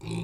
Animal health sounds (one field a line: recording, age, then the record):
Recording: pig call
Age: weaner (32 to 43 days)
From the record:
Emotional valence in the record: negative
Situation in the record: long isolation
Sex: female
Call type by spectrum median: low-frequency call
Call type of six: low-frequency stable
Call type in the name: low-frequency stable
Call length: 0.24 s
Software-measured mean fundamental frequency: 56 Hz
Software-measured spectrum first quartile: 161 Hz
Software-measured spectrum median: 352 Hz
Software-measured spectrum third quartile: 1722 Hz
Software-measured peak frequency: 157 Hz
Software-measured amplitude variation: 116 dB a second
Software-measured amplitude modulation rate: 31.5 a second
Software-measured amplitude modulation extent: 3.7 dB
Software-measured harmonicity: 4.2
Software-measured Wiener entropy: -3.01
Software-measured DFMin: 1220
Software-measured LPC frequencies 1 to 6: 252, 926, 2486, 3586, 3994, 4709 Hz